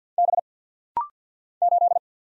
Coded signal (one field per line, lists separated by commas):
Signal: Morse code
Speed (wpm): 49 wpm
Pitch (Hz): 700 Hz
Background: none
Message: B 8